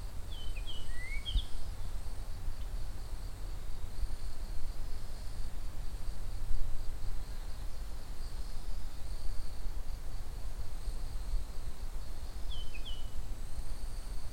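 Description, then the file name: Japanese grosbeak whistling a quick phrase of sliding clear notes near the start and a shorter phrase near the end, with a constant high insect hum and low rumble throughout. "ikaru"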